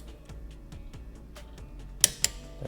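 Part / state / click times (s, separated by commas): click-type torque wrench on a clutch cover bolt of a motorcycle / torque reached / 2.0 s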